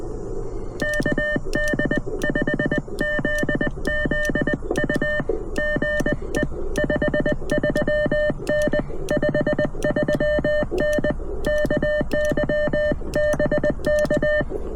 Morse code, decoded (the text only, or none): KD5ZZU GE 53N 53N KY BK